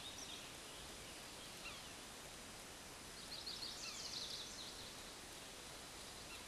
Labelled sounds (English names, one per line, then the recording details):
Black-and-white Warbler song
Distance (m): 30 m
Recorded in a Pennsylvania forest on 19 May 2023 at 13:22
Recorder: AudioMoth, point grid1_5_low
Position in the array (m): 28 m, 62 m